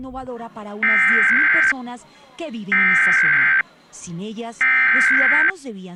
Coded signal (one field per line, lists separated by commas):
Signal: Emergency Alert System (SAME) tones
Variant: header bursts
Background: speech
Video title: Various Emergency Alert System (EAS) Tests - Week of 9/6/2021